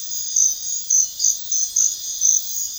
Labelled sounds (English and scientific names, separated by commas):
none